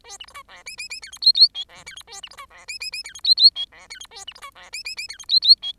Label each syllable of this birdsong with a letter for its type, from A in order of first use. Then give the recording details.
A B C D E F F F G H I I J E G H A B C D E F F F G H I I J E G H A B C D E F F F G H I I J. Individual Bird10